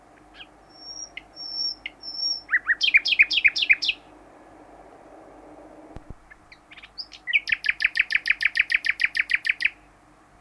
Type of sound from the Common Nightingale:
social call